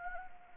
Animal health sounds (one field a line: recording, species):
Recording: mosquito wingbeat signal from an infrared sensor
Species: Anopheles arabiensis